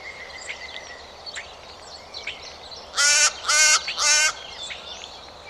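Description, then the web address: Bird uttering three hoarse, even-spaced caws late on, preceded by light chirps and a thin whistle from other birds. "Bird Only"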